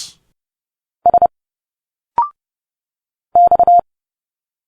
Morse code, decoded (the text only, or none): S X